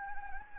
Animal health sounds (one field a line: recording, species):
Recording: mosquito wingbeat signal from an infrared sensor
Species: Anopheles gambiae